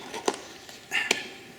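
A new paper oil filter element is pressed into the plastic oil filter housing cap of a Dodge or Chrysler 3.6 V6 Pentastar engine. A few soft knocks and scrapes come first, then a sharp click at 1.1 s as the element snaps into place. The element is seated.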